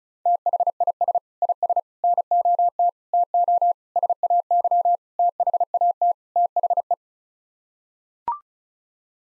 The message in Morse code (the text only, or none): THIS IS NOT TO SAY THAT THE